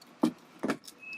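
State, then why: Seated. Side-mirror glass is pressed dead centre onto its backing plate in the mirror housing, and its plastic clips engage with four distinct pops at 0.2, 0.6, 0.7 and 0.9 seconds. The glass is seated in place.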